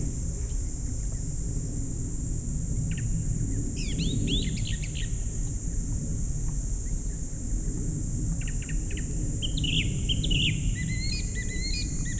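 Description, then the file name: Japanese thrush song: a short burst of tumbling twittery notes, then later a phrase of clear whistles and trills, against a continuous high-pitched insect drone. "kurotugumi"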